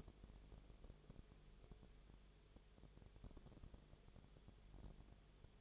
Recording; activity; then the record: daily activity, microphone in the room; no activity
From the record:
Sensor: 4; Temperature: 22.0 degrees Celsius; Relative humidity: 29.6%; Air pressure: 1002.1 hPa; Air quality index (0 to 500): 60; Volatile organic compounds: 1 ppm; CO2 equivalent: 612 ppm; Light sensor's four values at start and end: 2/3/1/1 and 2/3/1/1